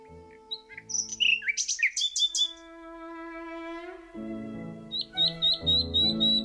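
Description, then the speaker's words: Nightingale song: bright chirping phrases, then a run of repeated high notes, over loud music. Dozens of nightingales singing loudly from a passage beside a church in Amsterdam-Oost, Netherlands, during a live opera performance, apparently stirred up by the opera music. "Jubelende klanken uit tientallen nachtegaalkelen."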